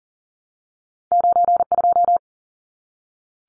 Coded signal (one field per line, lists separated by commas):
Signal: Morse code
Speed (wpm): 40 wpm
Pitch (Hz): 700 Hz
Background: none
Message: 92